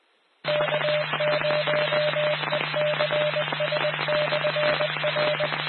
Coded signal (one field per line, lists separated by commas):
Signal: Morse code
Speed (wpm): 20 wpm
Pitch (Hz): 600 Hz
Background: none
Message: K0ECS/R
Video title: 2017-03-06 - KØECS 145.4700 MHz Johnson County RACES and Skywarn Repeater